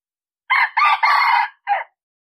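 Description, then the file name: Red junglefowl giving a single raspy crow of four parts, the third drawn out and the last short and falling, with nothing else audible. "Tieng Ga Trong Rung gay"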